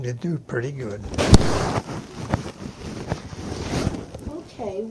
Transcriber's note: microphone noise